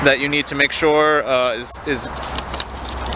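A car hood is being handled over its front latch after an oil change, while someone talks throughout. A few brief knocks are heard near the end, at about 2.6, 2.9 and 3.1 seconds. Nothing has seated or clicked shut yet.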